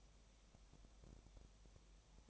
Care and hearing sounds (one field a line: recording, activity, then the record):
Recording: daily activity, microphone in the room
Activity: no activity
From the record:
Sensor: 1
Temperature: 19.7 degrees Celsius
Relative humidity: 37.0%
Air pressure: 1007.2 hPa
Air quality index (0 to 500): 144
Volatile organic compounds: 5 ppm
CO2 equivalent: 1761 ppm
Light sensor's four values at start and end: 1/2/1/1 and 1/2/1/1